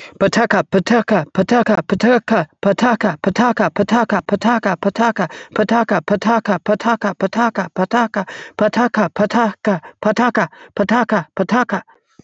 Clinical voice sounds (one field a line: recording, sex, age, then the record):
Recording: repeated syllables /pa ta ka/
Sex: male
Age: 30 to 39 years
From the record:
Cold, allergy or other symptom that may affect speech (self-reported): no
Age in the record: 34 years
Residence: New Jersey, United States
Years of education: 12